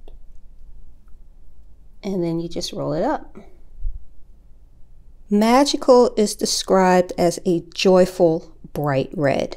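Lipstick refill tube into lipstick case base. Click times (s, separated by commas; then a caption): 0.1 s. A lipstick refill tube is pushed into the base of a metal, crystal-encrusted lipstick case and clicks into place with a sharp snap at 0.1 s. Then someone talks while the lipstick is rolled up.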